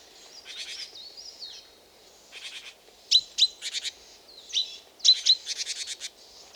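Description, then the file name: Great tit calls: sharp high notes followed by buzzy, rapidly repeated chattering bursts, coming in several groups over a few seconds, with a faint low background hum. "Parus major"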